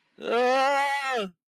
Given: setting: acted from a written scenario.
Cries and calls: vocal sound without words; distress

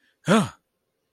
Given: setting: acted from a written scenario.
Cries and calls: vocal sound without words; fear

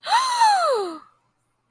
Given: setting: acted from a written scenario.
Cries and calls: vocal sound without words; awe

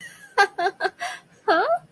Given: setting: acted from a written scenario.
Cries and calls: vocal sound without words; contempt

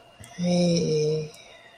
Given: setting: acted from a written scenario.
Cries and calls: vocal sound without words; romantic love

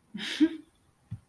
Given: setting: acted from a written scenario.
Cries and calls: vocal sound without words; amusement

